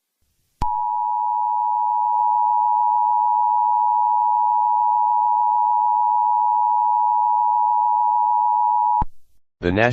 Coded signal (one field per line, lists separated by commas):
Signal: Emergency Alert System (SAME) tones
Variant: 853 and 960 Hz attention tone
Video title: EAS MOCK 1 TORNADO WARNING WICHITA KS